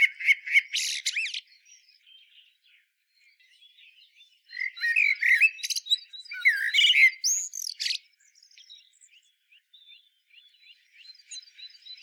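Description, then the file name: Common blackbird calling with harsh chattering bursts and squeaky rising notes in two groups, with faint high chirps between. "Turdus merula"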